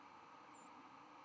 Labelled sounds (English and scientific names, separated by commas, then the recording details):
White-throated Sparrow (Zonotrichia albicollis) flight call
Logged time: 04:13 on 11 November 2014